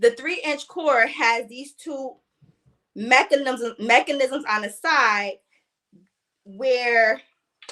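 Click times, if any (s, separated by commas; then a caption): none. A 3-inch paper roll core with two mechanisms on its side is being handled for fitting onto a printer's roll spindle while someone talks. The clip ends with a couple of brief sharp sounds near 7.6 and 7.7 seconds, but the core has not yet snapped or seated on the spindle.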